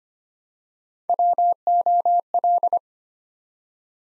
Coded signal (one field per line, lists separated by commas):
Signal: Morse code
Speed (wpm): 25 wpm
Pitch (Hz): 700 Hz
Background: none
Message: WOL